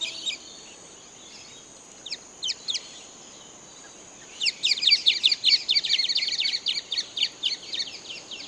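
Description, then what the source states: Bird song: a few scattered high chirps, then a fast rattling run of sharp, high descending notes for about four seconds, over a steady high hiss. Recorded in Papua New Guinea.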